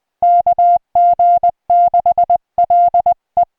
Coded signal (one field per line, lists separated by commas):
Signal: Morse code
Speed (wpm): 20 wpm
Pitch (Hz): 700 Hz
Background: music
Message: KG6LE